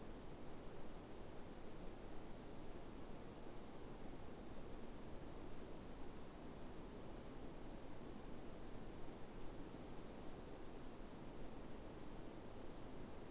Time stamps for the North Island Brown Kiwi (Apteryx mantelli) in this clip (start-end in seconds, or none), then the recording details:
none. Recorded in New Zealand on 5 November 2015. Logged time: 22:59. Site CQ72